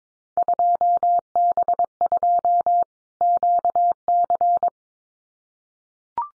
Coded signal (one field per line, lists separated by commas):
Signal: Morse code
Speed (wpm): 22 wpm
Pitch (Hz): 700 Hz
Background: none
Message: 2B2 QC